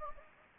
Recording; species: mosquito wingbeat signal from an infrared sensor; Anopheles gambiae